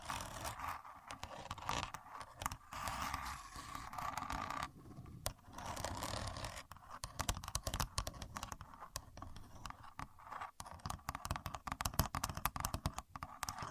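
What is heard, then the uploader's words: A contour gauge is worked by hand, giving dense bursts of fine clicking and rattling as its pins slide and tap against each other. The clatter comes in irregular runs with brief pauses, growing sharper and busier after about ten seconds, with a faint steady hum underneath. Using A Contour Gauge (No Talking).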